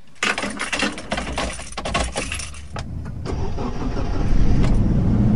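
Keys jingle briefly, then the engine of a slightly dusty car cranks and catches, settling into a steady, rising rumble that grows louder toward the end.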